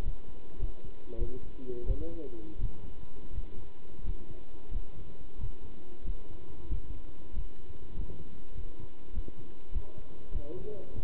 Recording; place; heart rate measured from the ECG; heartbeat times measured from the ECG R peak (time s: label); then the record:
heart sounds by stethoscope; between the tricuspid and mitral areas; 94 bpm
0.03 s: heartbeat
0.60 s: heartbeat
1.19 s: heartbeat
1.87 s: heartbeat
2.59 s: heartbeat
3.33 s: heartbeat
4.05 s: heartbeat
4.72 s: heartbeat
5.39 s: heartbeat
6.05 s: heartbeat
6.70 s: heartbeat
7.34 s: heartbeat
7.95 s: heartbeat
8.55 s: heartbeat
9.14 s: heartbeat
9.73 s: heartbeat
10.32 s: heartbeat
10.94 s: heartbeat
From the record:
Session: pedaling a stationary bicycle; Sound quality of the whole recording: good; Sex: male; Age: 27 years